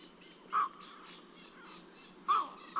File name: Eurasian Bittern Flight Calls Of Two Individuals